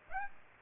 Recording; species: mosquito wingbeat signal from an infrared sensor; Aedes aegypti